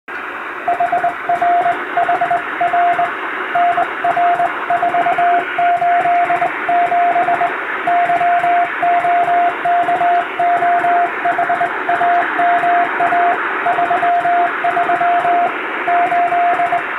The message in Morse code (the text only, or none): HRHR NR487 YOKOHAMA 33 8